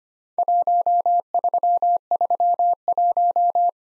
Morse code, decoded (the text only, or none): 1331